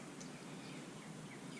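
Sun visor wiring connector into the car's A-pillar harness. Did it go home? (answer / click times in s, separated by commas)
no / none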